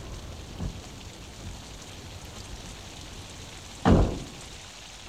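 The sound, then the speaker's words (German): Steady rain hisses throughout with no voices, broken near the end by a single sudden, loud bang that fades quickly back into the downpour. A softer thump comes earlier. “Es regnet.”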